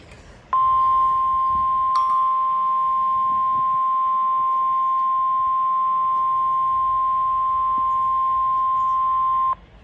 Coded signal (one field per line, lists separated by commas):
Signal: Emergency Alert System (SAME) tones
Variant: 1050 Hz attention tone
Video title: (EAS #350) Severe Thunderstorm Warning for Green, Iowa, and Dane, Wisconsin